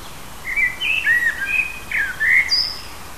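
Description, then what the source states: Bird song made of clear whistled notes and slurred chirps, several downward sweeps, ending with a higher sharp note, over light background hiss. Native birds of a hedge habitat, recorded in June.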